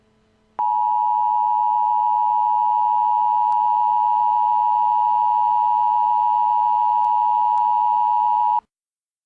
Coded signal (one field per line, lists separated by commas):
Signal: Emergency Alert System (SAME) tones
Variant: 853 and 960 Hz attention tone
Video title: Eas